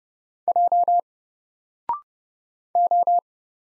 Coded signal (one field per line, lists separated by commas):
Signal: Morse code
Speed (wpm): 30 wpm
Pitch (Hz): 700 Hz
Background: none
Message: J O